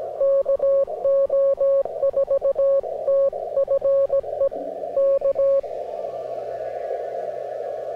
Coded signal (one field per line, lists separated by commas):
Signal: Morse code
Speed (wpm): 17 wpm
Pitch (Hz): 550 Hz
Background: music, radio noise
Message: KO4TFE K